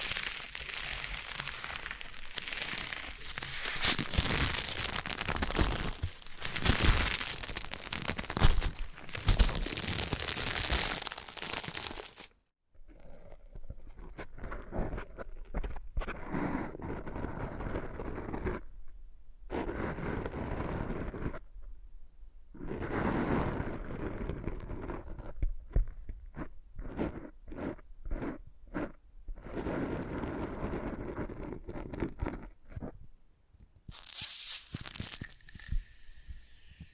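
Foam being massaged and squeezed gives a dense, rustling, squeaky crackle that runs without a break for the first twelve seconds. After a sudden silence it returns in separate bursts of a few seconds each, split by short quiet gaps, with a brief sharp squeak near thirty-four seconds.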